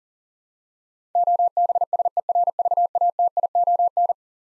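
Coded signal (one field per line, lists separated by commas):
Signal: Morse code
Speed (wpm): 40 wpm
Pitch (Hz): 700 Hz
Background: none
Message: OBSERVATION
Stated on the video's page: 40 wpm Morse head-copy drill of eleven-letter words; each is sent, spoken, then sent again.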